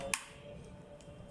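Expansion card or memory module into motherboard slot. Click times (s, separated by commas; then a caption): 0.1 s. An expansion card or memory module is pressed down into its motherboard slot, pushed from end to end until it seats. A loud, sharp click sounds at 0.1 s, followed by a faint tick near 1.0 s over low background noise, and the card clicks into place.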